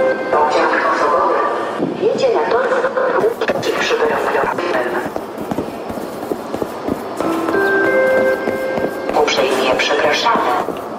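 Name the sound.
train departing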